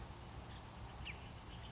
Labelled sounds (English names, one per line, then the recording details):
California Towhee
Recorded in Sonoma County, California